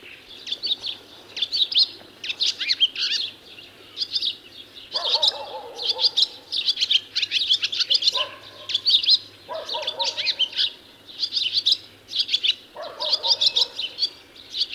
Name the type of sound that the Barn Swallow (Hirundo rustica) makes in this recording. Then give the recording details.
song. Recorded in the wild. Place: Lütow, Insel Usedom, Mecklenburg-Vorpommern, DE. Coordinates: 54.032, 13.888. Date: 1975-06-13 13:15. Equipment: Nagra III BH, Sennheiser MD 21, parabola. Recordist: Schubert, Michael